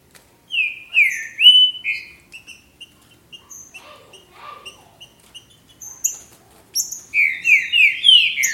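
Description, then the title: Green-winged saltator opens with a few bold falling whistles, then softer scattered chips, and ends with another run of slurred whistles. "Trinca Ferro"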